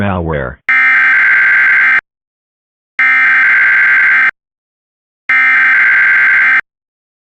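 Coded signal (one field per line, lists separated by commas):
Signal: Emergency Alert System (SAME) tones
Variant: header bursts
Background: speech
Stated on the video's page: Fictional EAS scenario set in a game remake; simulated.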